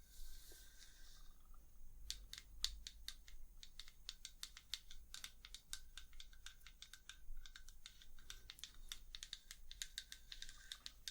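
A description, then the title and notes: Quick, bright tapping in irregular bursts from about two seconds on, sharp clicks like typing over a steady low hum and faint hiss. ASMR Tapping. Long Nails, No Talking.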